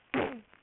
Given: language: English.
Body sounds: throat vibration sensor signal played as sound; throat clearing

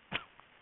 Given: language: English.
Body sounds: throat vibration sensor signal played as sound; cough

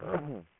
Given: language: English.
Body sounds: throat vibration sensor signal played as sound; throat clearing

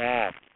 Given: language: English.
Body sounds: throat vibration sensor signal played as sound; speech

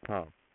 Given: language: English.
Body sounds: throat vibration sensor signal played as sound; speech

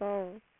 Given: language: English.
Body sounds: throat vibration sensor signal played as sound; speech

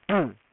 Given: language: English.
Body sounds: throat vibration sensor signal played as sound; throat clearing

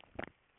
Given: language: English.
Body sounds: throat vibration sensor signal played as sound; swallow

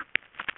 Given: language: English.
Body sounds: throat vibration sensor signal played as sound; swallow

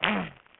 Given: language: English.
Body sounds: throat vibration sensor signal played as sound; throat clearing

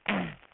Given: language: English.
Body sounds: throat vibration sensor signal played as sound; throat clearing

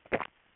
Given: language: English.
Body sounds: throat vibration sensor signal played as sound; swallow

